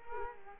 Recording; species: mosquito wingbeat signal from an infrared sensor; Culex quinquefasciatus